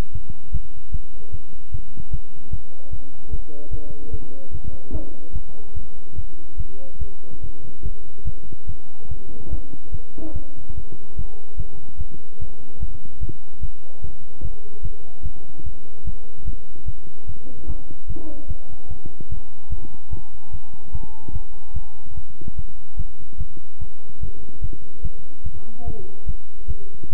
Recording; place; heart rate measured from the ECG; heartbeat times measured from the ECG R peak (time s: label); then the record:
heart sounds by stethoscope; between the tricuspid and mitral areas; 147 bpm
0.13 s: heartbeat
0.52 s: heartbeat
0.92 s: heartbeat
1.32 s: heartbeat
1.72 s: heartbeat
2.11 s: heartbeat
2.51 s: heartbeat
2.91 s: heartbeat
3.31 s: heartbeat
3.71 s: heartbeat
4.12 s: heartbeat
4.53 s: heartbeat
4.93 s: heartbeat
5.33 s: heartbeat
5.75 s: heartbeat
6.16 s: heartbeat
6.57 s: heartbeat
6.99 s: heartbeat
7.42 s: heartbeat
7.83 s: heartbeat
8.25 s: heartbeat
8.67 s: heartbeat
9.09 s: heartbeat
9.50 s: heartbeat
9.92 s: heartbeat
10.34 s: heartbeat
10.75 s: heartbeat
11.17 s: heartbeat
11.57 s: heartbeat
11.98 s: heartbeat
12.40 s: heartbeat
12.80 s: heartbeat
13.20 s: heartbeat
13.61 s: heartbeat
14.02 s: heartbeat
14.42 s: heartbeat
14.83 s: heartbeat
15.23 s: heartbeat
15.64 s: heartbeat
16.05 s: heartbeat
16.45 s: heartbeat
16.86 s: heartbeat
17.27 s: heartbeat
17.67 s: heartbeat
18.07 s: heartbeat
18.48 s: heartbeat
18.89 s: heartbeat
19.30 s: heartbeat
19.70 s: heartbeat
20.11 s: heartbeat
20.52 s: heartbeat
20.93 s: heartbeat
21.33 s: heartbeat
21.74 s: heartbeat
22.15 s: heartbeat
22.56 s: heartbeat
22.97 s: heartbeat
23.38 s: heartbeat
23.80 s: heartbeat
24.21 s: heartbeat
24.61 s: heartbeat
25.03 s: heartbeat
25.44 s: heartbeat
25.85 s: heartbeat
26.26 s: heartbeat
26.68 s: heartbeat
27.10 s: heartbeat
From the record:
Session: bicycle stress test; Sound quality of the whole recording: good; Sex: male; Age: 23 years